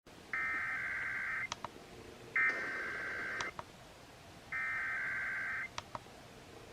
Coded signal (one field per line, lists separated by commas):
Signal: Emergency Alert System (SAME) tones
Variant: header bursts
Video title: ** FOUND** California CAE (EAS #3526-3530)